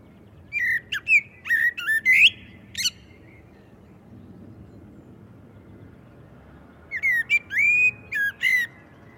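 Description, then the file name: Common blackbird giving two mellow whistled phrases, each ending in high squeaky twitters, separated by about four seconds of quiet. "Turdus merula"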